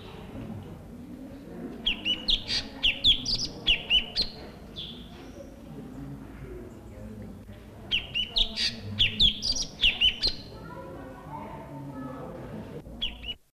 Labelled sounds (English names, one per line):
Jerdon's Leafbird call